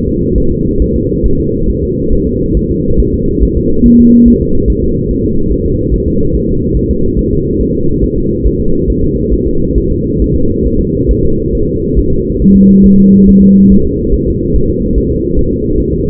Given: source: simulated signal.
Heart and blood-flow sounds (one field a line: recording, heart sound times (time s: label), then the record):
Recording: fetal heart sounds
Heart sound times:
0.08 s: S2
0.38 s: S1
0.52 s: S2
0.82 s: S1
0.96 s: S2
1.26 s: S1
1.40 s: S2
1.69 s: S1
1.84 s: S2
2.13 s: S1
2.27 s: S2
2.57 s: S1
2.71 s: S2
3.00 s: S1
3.14 s: S2
3.43 s: S1
3.57 s: S2
3.86 s: S1
4.00 s: S2
4.28 s: S1
4.42 s: S2
4.70 s: S1
4.84 s: S2
5.11 s: S1
5.25 s: S2
5.52 s: S1
5.66 s: S2
5.94 s: S1
6.08 s: S2
6.35 s: S1
6.49 s: S2
6.77 s: S1
6.91 s: S2
7.19 s: S1
7.33 s: S2
7.61 s: S1
7.75 s: S2
8.04 s: S1
8.18 s: S2
8.47 s: S1
8.60 s: S2
8.90 s: S1
9.04 s: S2
9.33 s: S1
9.47 s: S2
9.78 s: S1
9.92 s: S2
10.22 s: S1
10.36 s: S2
10.66 s: S1
10.81 s: S2
11.11 s: S1
11.25 s: S2
11.55 s: S1
11.69 s: S2
11.99 s: S1
12.13 s: S2
12.42 s: S1
12.56 s: S2
12.86 s: S1
13.00 s: S2
13.29 s: S1
13.43 s: S2
13.72 s: S1
13.86 s: S2
14.14 s: S1
14.28 s: S2
14.56 s: S1
14.70 s: S2
14.98 s: S1
15.12 s: S2
15.39 s: S1
15.53 s: S2
15.80 s: S1
15.94 s: S2
From the record:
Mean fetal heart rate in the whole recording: 140 bpm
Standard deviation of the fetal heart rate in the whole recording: 2 bpm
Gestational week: 34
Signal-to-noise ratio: -16.4 dB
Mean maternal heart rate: 72 bpm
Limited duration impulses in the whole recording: present